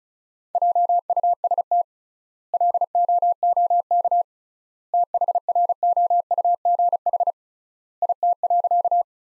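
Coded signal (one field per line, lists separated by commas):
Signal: Morse code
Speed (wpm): 34 wpm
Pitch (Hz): 700 Hz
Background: none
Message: JUST LOOK THROUGH IT.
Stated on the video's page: Practice sentences from the top 200 words at 35 wpm with 3x standard word spacing, a Farnsworth-like method for head-copy training.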